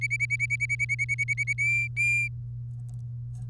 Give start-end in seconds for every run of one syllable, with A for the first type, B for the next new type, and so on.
0.01-1.53 A, 1.58-2.28 B